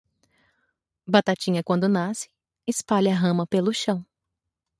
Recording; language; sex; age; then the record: short text; Brazilian Portuguese; female; 30 to 39 years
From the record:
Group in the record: control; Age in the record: 33 years